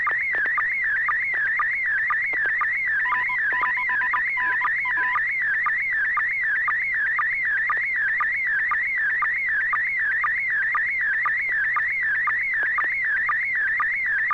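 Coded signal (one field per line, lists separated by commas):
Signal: SSTV (slow-scan television)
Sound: continuous warbling high tone with steady rhythmic ticks, brief Morse beeps underneath early on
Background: Morse ID beeps, low hum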